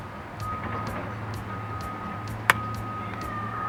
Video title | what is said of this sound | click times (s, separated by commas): How to Replace your salt cell flow switch | take a pair of pliers and squeeze it tight you'll hear a pop that means the connection is made | 2.5 s